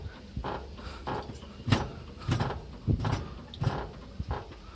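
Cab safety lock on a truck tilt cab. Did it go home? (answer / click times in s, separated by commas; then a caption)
no / none. A driver lowers a truck's tilt cab slightly and works the cab safety lock so the cab cannot drop while he works under it. A series of dull, low knocks and scraping bursts repeats through the clip, the strongest around 2.3 and 3.1 seconds. The clip ends before the lock goes home, so nothing has seated yet.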